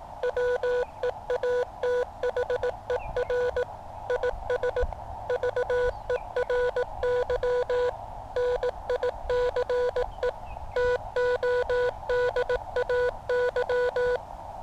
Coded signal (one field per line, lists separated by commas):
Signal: Morse code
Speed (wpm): 18 wpm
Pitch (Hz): 490 Hz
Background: none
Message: WEATHER IS VERY NICE TODAY